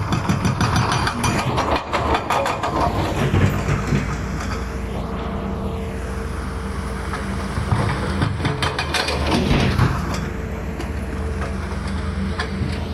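Pier demolition: a loud, steady heavy-machinery roar with deep rumble, frequent sharp clanks and scrapes, and engine surges near five and ten seconds.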